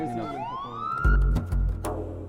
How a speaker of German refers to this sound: Hören Sie die Sirenen? Die Polizei rückt vor.